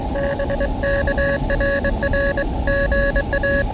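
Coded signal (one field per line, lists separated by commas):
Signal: Morse code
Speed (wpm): 20 wpm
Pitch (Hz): 590 Hz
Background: none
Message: BK RR GA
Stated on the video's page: POTA Morse activation on Elecraft KX2 keyed with KXPD2 paddles, battery powered, QRP.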